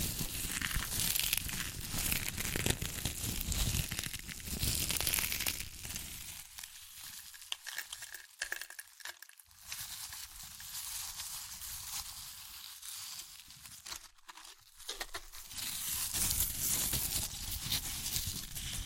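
Chips being crushed and eaten, with dense crinkling and crunching bursts filling the first six seconds and again from about fifteen seconds on. In between, the sound thins to sparse, lighter crackles and brief snaps, quieter and more scattered.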